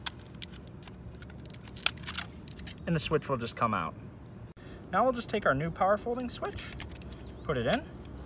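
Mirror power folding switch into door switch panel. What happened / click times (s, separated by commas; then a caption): Small plastic switch handled, not yet seated / none. A new plastic power folding mirror switch is handled and pushed toward its opening in the door trim switch panel of a 2015–2019 GM Silverado/Sierra during a small-mirror-to-tow-mirror wiring upgrade. Brief sharp handling ticks come early in the clip, with the clearest at about 1.9 s, and someone talks over the rest. Nothing has seated or clicked yet.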